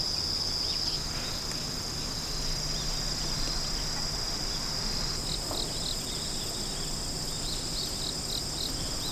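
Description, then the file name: Insect song, a shrill sustained buzz that drops away after about a second, then returns around five seconds in, over low rumbling background noise. "singing of insect"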